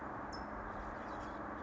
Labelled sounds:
California Towhee (Melozone crissalis)

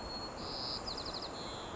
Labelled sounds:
White-crowned Sparrow (Zonotrichia leucophrys)

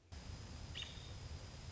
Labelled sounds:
American Robin (Turdus migratorius)

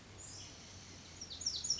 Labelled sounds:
Pacific Wren (Troglodytes pacificus)

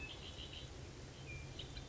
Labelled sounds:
Red-winged Blackbird (Agelaius phoeniceus)

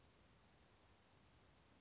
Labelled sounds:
Western Flycatcher (Empidonax difficilis)

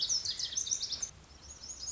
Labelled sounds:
Lazuli Bunting (Passerina amoena)

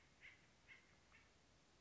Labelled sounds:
Acorn Woodpecker (Melanerpes formicivorus)

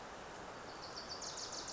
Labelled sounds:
Wilson's Warbler (Cardellina pusilla)

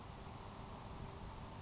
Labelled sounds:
Grasshopper Sparrow (Ammodramus savannarum)

